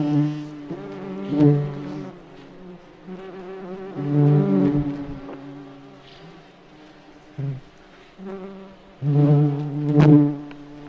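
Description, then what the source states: Bumblebee wing buzz, a low droning hum in several separate bursts that rise and fade, the loudest near the start, middle and end. Wing buzzing, heard in nature.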